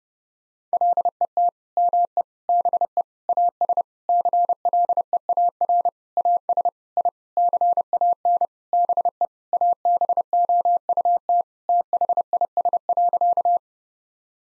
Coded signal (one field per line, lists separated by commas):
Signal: Morse code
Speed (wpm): 30 wpm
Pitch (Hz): 700 Hz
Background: none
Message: LET ME BE AS CLEAR AS I CAN BE ABOUT THIS.